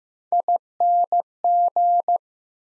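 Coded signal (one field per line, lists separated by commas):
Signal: Morse code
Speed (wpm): 15 wpm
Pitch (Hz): 700 Hz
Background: none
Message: ING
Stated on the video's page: Morse head-copy drill of prefixes and suffixes at 15 wpm, each sent, spoken, then sent again.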